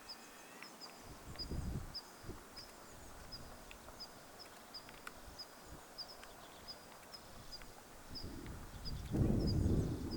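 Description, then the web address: Pipit alarm calls: thin, high, short notes repeated steadily, with intermittent low rustling and rumbling bursts. Alarm calling at a breeding site, 24 July 2026; identification uncertain. "paivat 24 7 2026 onkohan tuo niittymetsakirvisen huomioaantelya aanitetty pesimapaikalla tanaan"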